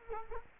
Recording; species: mosquito wingbeat signal from an infrared sensor; Culex quinquefasciatus